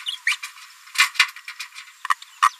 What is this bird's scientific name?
Forpus passerinus